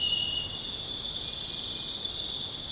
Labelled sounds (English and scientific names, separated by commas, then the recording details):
none
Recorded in pastures near Puerto Asís, Putumayo, Colombia, on 26 December 2024 at 21:30
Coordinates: 0.466, -76.322
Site G040